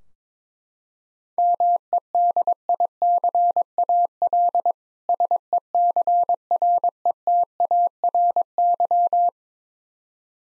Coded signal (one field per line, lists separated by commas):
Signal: Morse code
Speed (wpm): 21 wpm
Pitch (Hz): 700 Hz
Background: none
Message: MEDICAL SECRETARY